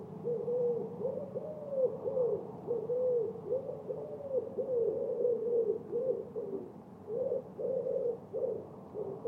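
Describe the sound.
Bird giving continuous low cooing notes in a long uneven series, with a steady low background rumble.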